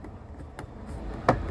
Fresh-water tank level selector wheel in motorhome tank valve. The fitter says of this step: now one turn until it clicks we'll fill it up to 20 liters and then we'll overflow keep